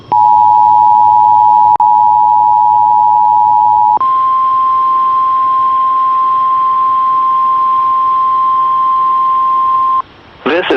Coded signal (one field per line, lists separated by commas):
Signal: Emergency Alert System (SAME) tones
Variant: 853 and 960 Hz attention tone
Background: speech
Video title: SEVERE THUNDERSTORM WARNING ON MY FRIEND AREAS(WAHC)(EAS #5)